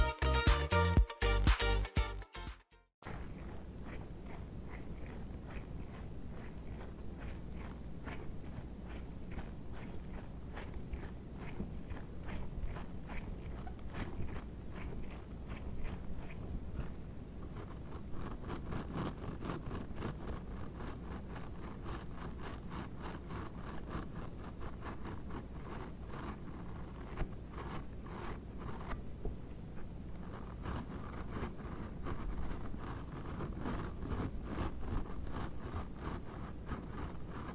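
Dishwashing gloves rubbing and scratching in quick, repeated strokes, a steady soft rustle with a low rumble underneath. A loud burst of crackling fills the first three seconds before a brief drop to silence. From about 17 seconds the scratching turns brighter and crisper.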